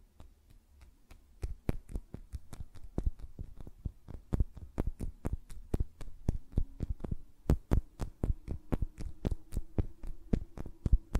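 Fingernails tap in quick, uneven flurries of sharp clicks, several per second throughout, over a faint low hum with a steady tone.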